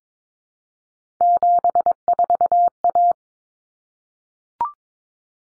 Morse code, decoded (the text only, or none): 74A